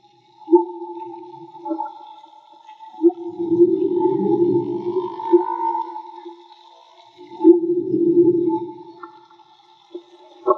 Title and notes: CANTO DE BALLENAS MAGMA. Grabación de campo y construcción dehidrofonos DIY: Jorge Barco. Limpieza de audio: Santiago Minotas